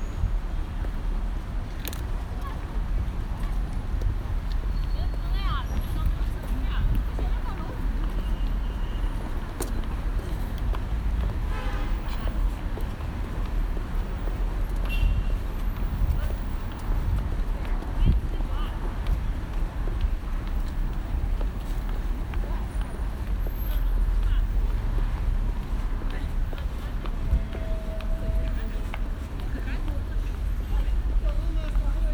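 A field recording from a visit to Colin Siyuan Chinnery's sound piece 'Window Pain' in Beijing. A dense, steady low rumble fills the whole clip, with murmuring voices, scattered clicks and knocks, and a few faint high whistling tones drifting in and out.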